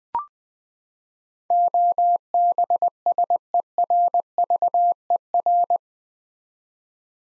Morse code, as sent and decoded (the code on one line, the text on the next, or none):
--- -... ... . .-. ...- . .-.
OBSERVER